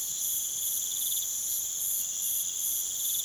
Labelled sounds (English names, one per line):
none